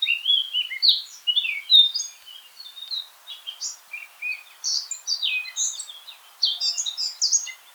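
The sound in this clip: Eurasian blackcap song: an unbroken, rapid warble of varied high, scratchy and whistled notes that rises and falls in loudness throughout.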